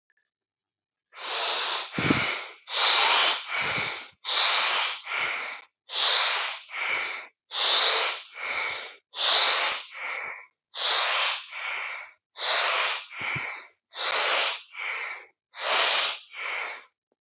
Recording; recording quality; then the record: shallow breathing; excellent, no background noise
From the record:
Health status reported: healthy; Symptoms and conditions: none ticked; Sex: male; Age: 40 years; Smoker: not ticked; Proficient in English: yes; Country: India